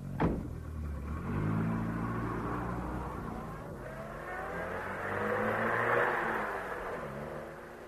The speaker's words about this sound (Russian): Комиссар уходит. Слышно, как уезжает полицейский автомобиль.